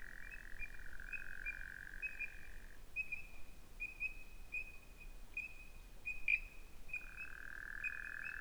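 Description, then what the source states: Frogs give a sustained trill at the start and end, with a steady string of short high pips repeating between them and one knock. Recorded 11 February 2017.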